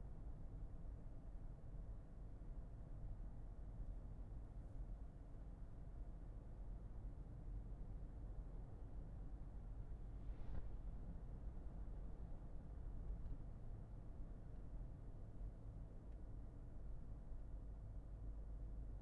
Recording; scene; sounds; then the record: everyday scene through a hearing-aid microphone; in a vehicle; engine, highway driving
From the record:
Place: Berlingo II, diesel engine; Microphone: behind the ear, left, front